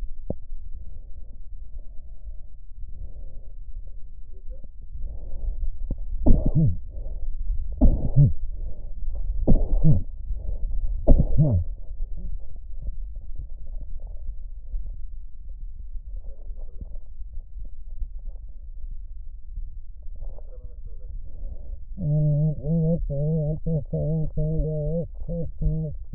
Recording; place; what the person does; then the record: lung sounds by stethoscope; left posterior apical chest; quiet breathing, then cough and speech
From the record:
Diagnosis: COPD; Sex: female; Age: 80 years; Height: 160 cm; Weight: 62 kg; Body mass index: 24.2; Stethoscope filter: extended mode